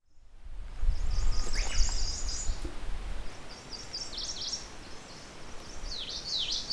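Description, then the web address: Ijima's leaf warbler singing a high, thin twittering phrase, later a few quick down-slurred notes, with a constant deep rumbling background. "bird song iizimamusikui"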